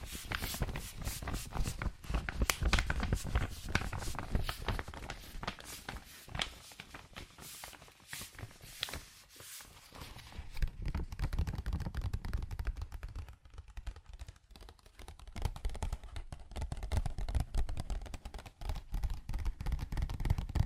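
Fast tapping, scratching and tracing on cardboard and paper, a dense run of quick crisp hits and rubbing strokes. Bright, busy sounds dominate the first half; after about twelve seconds the taps turn duller and lower, with brief quieter gaps around thirteen to fifteen seconds.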